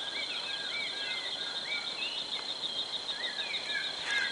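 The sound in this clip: Bird calls, quick whistled slurred notes in short runs, accompanied by a steady high-pitched insect buzz throughout.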